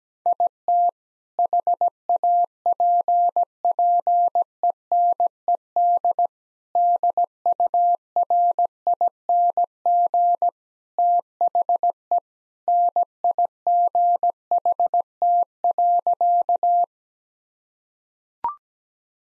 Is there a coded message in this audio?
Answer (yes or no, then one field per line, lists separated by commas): yes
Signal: Morse code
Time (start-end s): 0.3-16.8 s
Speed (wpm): 17 wpm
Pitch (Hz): 700 Hz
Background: none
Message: IT HAPPENED DURING THE NIGHT.